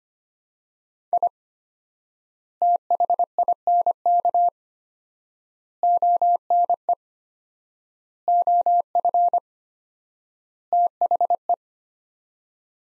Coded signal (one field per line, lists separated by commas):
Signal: Morse code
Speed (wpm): 25 wpm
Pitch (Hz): 700 Hz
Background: none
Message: I THINK ONE OF THE